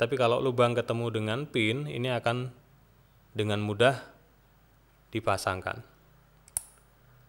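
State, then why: Seated. An XLR plug is lined up pin-to-hole with the XLR socket of an inline FET mic preamp and pushed on until the latch engages. Someone talks, then after a pause a quick double click sounds at 6.5 and 6.6 seconds as the connector seats.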